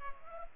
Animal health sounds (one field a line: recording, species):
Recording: mosquito wingbeat signal from an infrared sensor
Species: Culex pipiens